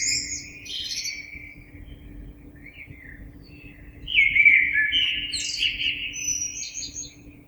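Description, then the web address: Common blackbird song, with a high twittering end of a phrase, a quiet pause with soft notes, then a loud fluty warble topped by squeaky high flourishes; low hum throughout. Recorded 26 April 2022. "oiseaux Merle 2022 04 26"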